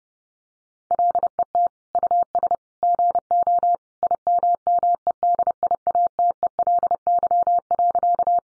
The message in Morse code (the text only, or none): LET US GO IMMEDIATELY.